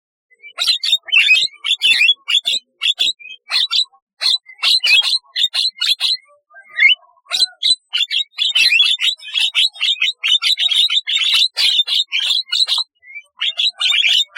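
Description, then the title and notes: Starling song: rapid bursts of harsh, chattering high notes broken by short pauses. "Kicau Burung Jalak"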